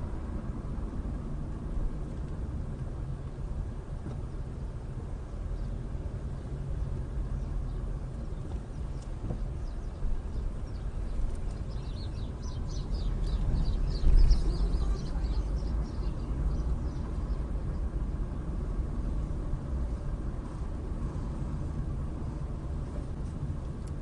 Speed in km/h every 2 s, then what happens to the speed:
18, 13, 11, 11, 11, 11, 16, 21, 19, 21, 16, 15.
0-3 slows to 11. 3-10 steady at about 11. 10-13 speeds up to 21. 13-19 steady at about 21. 19-24 slows to 15.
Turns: none.